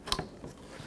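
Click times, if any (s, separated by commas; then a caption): 0.1 s. A wiring harness connector is plugged into the headlight assembly of a 2012-2020 Ford Focus. A short, sharp click at 0.1 s shows that the connector has seated, followed by faint handling noise.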